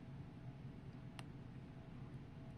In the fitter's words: till it clicks in like that